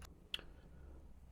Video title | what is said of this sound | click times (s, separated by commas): Altaya Megazord Build - Issue 48 | and now I'll just click into place no screws required | 0.3 s